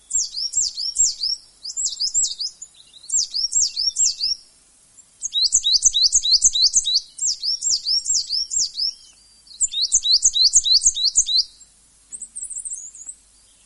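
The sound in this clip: Coal tit song: very high, quick two-note phrases repeated in fast short bursts, with short pauses between bursts.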